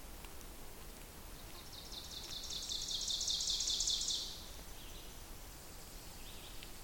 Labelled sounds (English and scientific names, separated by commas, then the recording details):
Ovenbird (Seiurus aurocapilla) song
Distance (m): 55 m
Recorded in boreal forest in Alberta, Canada, on 2 June 2016 at 08:48
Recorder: SongMeter 3, array SBT-3-7
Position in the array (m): 227 m, 47 m
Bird 6